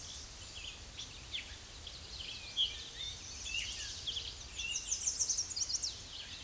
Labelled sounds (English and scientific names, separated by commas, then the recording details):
American Redstart (Setophaga ruticilla) song
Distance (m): 20 m
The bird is about 10 m above the microphone
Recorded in a Pennsylvania forest on 16 May 2024 at 06:54
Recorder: AudioMoth, point MSD-2345
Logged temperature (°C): 15.5 °C
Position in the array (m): 122 m, 209 m